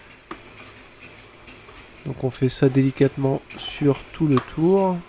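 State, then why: Released. A thin, flat pry tool slid between the chrome plate and the laptop's back cover is levered gently, and a plastic snap clip holding the bottom cover in the chassis pops loose with a sharp click at 0.3 s. The clip releases, and the back cover comes open. Faint scraping follows, then someone talks.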